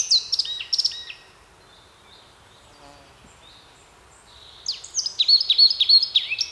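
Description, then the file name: Eurasian blackcap song: a loud burst of fluty, sliding whistles, a quiet pause, then another energetic phrase of repeated rising and falling notes. "Sylvia atricapilla"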